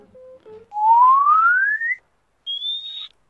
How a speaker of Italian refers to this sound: il mio fischio, che riesco ad arrivare un po' in alto. Provo a farvi un acuto.